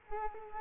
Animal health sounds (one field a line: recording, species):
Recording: mosquito wingbeat signal from an infrared sensor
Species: Culex quinquefasciatus